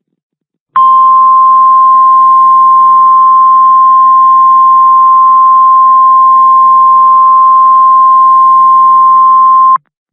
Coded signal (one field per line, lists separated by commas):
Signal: Emergency Alert System (SAME) tones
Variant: 1050 Hz attention tone